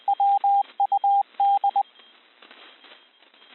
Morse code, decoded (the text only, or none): WUD